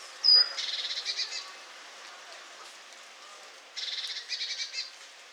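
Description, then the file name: Great tit chatter: a high thin whistle then a stuttering run of buzzy churring notes, quiet for a moment, then a second rattling burst of churrs. "Parus major"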